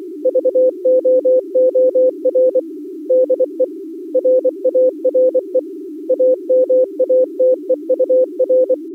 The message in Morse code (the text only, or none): VOOR DE RARE AMATEUR